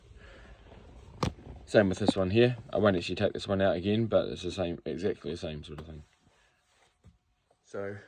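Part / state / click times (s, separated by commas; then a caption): dashboard wiring connector into its socket / seated / 1.2 s. A wiring plug from the dashboard of a BMW X2 is pushed gently back into its socket and clicks into place with a single sharp click at 1.2 seconds, so the connector is seated. Someone then talks for several seconds.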